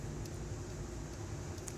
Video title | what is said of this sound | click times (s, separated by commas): DIY Kohler Toilet Repair Leaking Gasket Aqua Piston How To Fix | until it locks into place | 1.7 s